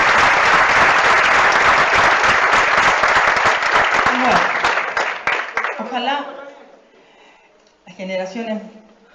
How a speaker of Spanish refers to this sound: ¡Aplausos!